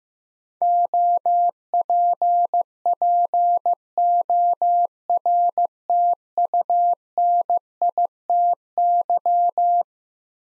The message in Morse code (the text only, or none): OPPORTUNITY